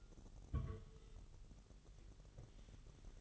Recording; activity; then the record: daily activity, microphone in the room; place on stove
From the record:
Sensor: 4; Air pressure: 989.0 hPa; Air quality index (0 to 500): 208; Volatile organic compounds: 56 ppm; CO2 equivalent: 3369 ppm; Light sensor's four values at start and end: 29/98/36/38 and 29/98/36/38